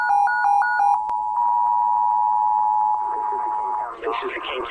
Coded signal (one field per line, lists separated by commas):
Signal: Emergency Alert System (SAME) tones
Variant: 853 and 960 Hz attention tone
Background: speech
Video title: King County DEM Required Monthly Test EAS(12-12-2020)